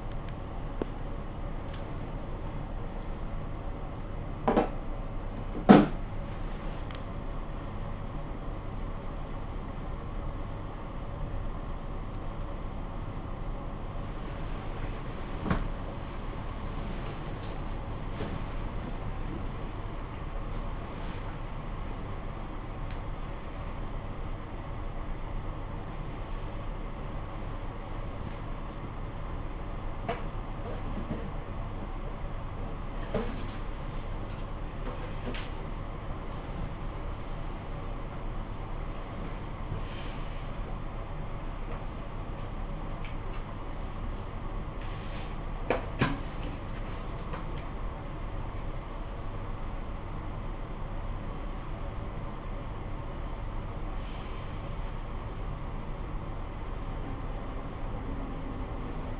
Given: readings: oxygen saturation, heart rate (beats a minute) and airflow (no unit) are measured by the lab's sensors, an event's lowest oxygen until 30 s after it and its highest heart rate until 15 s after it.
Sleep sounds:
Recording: a person awake in a sleep study, by a smartphone at the bedside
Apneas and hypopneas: none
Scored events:
0.00-59.20 s: awake
From the record:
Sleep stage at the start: awake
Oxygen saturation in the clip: 89 to 98%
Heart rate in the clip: 72 to 100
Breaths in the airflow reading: 14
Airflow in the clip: -17.5 to 16.6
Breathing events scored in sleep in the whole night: 445 in 7.6 hours asleep

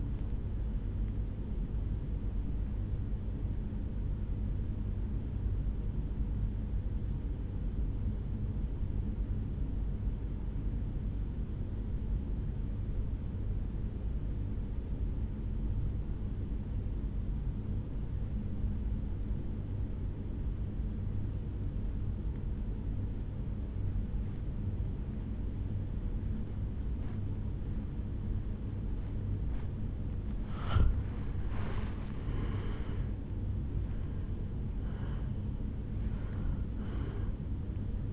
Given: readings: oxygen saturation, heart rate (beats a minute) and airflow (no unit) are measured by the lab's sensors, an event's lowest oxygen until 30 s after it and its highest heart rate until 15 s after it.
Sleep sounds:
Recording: breathing in sleep by a smartphone at the bedside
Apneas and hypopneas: 1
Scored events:
4.00-31.30 s: hypopnea (N1, oxygen 97% highest, then 86% lowest, heart rate 58 at the start, 77 highest)
13.00-38.13 s: new sleep stage, N2 (light sleep)
From the record:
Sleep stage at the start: N1 (lightest sleep)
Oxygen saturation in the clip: 88 to 97%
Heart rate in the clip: 54 to 77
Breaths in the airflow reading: 4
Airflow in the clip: -13.4 to 7.6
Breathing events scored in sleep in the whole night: 449 in 7.0 hours asleep

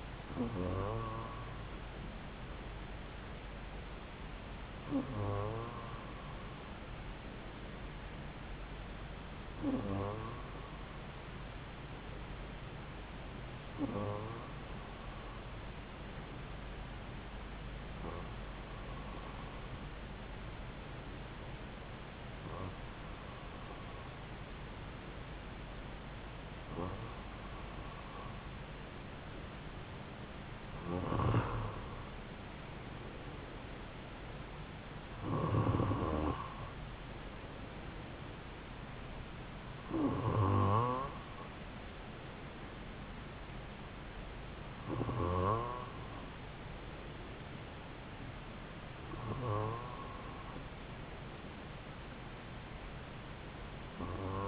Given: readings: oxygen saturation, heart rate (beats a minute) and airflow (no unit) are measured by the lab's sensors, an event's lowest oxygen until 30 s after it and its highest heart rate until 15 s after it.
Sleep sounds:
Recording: breathing in sleep by a voice recorder at the bedside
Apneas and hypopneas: none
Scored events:
none scored
From the record:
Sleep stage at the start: N2 (light sleep)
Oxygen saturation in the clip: 93 to 95%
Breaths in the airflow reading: 12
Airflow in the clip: -3.3 to 3.7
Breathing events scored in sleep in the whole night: 270 in 6.1 hours asleep

